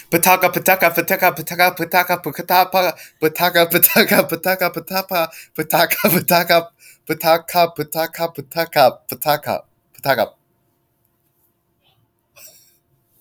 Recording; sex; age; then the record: repeated syllables /pa ta ka/; male; 20 to 29 years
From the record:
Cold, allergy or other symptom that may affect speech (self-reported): no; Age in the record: 21 years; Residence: Rhode Island, United States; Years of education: 15